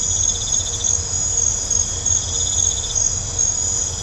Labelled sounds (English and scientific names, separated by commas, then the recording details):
none
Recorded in pastures near Puerto Asís, Putumayo, Colombia, on 21 December 2024 at 22:00
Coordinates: 0.502, -76.324
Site G077